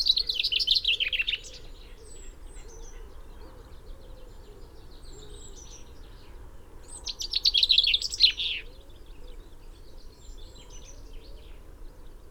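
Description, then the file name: Common chaffinch song: two rattling phrases that tumble downward and end in a flourish, separated by several seconds of faint, scattered bird notes and hiss. "Fringilla coelebs"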